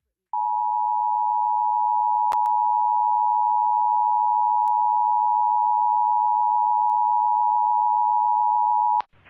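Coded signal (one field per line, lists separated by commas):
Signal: Emergency Alert System (SAME) tones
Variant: 853 and 960 Hz attention tone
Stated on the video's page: EAS special marine alert relayed on ABC station KGTV San Diego television.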